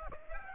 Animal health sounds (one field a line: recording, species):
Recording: mosquito wingbeat signal from an infrared sensor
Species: Aedes aegypti